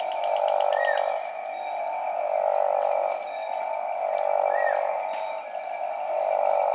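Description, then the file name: Boie's smooth horned frog calling: long, low, pulsed snoring notes of over a second each, repeated about every two seconds, with bird chirps and two brief whistles above. "Proceratophrys boiei"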